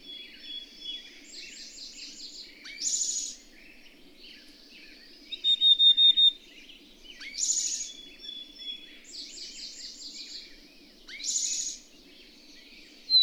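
Bird song with quick trilled chatter leading into loud buzzy bursts, plus one brisk series of high whistled notes midway; faint low rumble in the background.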